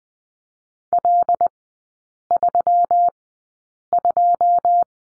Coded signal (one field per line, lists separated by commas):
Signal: Morse code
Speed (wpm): 20 wpm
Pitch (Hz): 700 Hz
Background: none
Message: L32